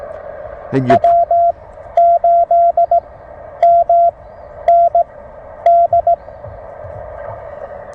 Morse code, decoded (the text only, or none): W8MND